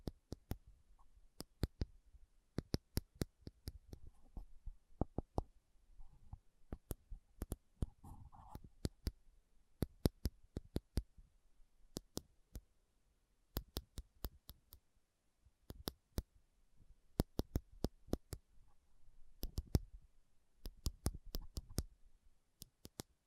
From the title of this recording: Slow Tapping Metal Sounds